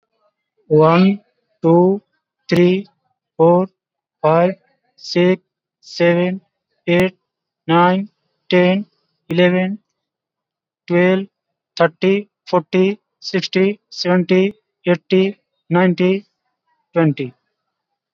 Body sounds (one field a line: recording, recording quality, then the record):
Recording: counting at a normal pace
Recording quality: excellent, no background noise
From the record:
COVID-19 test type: RT-PCR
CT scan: not taken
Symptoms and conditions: none ticked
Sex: male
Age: 29 years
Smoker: no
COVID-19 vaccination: both doses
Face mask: worn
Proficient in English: yes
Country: India